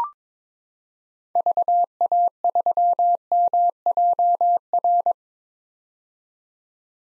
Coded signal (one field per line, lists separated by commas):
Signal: Morse code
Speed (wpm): 21 wpm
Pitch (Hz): 700 Hz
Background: none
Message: VA3MJR